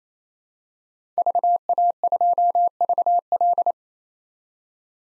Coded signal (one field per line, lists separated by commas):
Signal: Morse code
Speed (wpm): 28 wpm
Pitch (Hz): 700 Hz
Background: none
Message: VA2VL